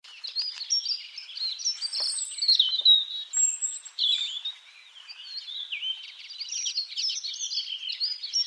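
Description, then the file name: European robin song, a long run of high, thin warbled phrases with quick rising and falling notes that shift in pitch. "Erithacus rubecula"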